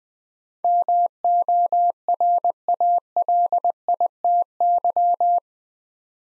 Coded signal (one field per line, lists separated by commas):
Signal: Morse code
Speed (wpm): 20 wpm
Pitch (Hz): 700 Hz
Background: none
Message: MORALITY